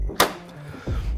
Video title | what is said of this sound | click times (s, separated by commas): Easy Guide: Switching The Waste Container In The Newest Xerox Altalink B8200 Series Printer | until it clicks | 0.2 s